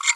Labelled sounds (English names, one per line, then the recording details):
Green-rumped Parrotlet babbling
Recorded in a nest box in Venezuela
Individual 18B25A3